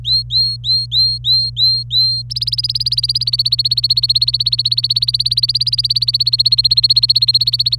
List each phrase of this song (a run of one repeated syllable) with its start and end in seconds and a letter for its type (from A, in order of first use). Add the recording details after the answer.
0.04-2.23 A, 2.30-7.79 B. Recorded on 25 April 2018 at 15:45. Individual llb3